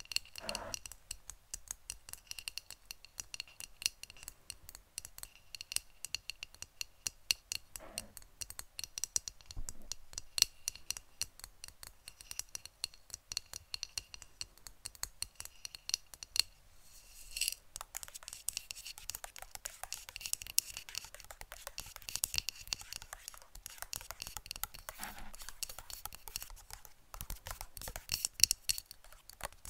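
Rapid tapping on hard surfaces runs throughout, a dense stream of sharp clicks with crisp bright tops, like fingernails or a keyboard. Around the seventeen-second mark the taps grow busier and brighter, with faint scratchy rustling filling the gaps until the end.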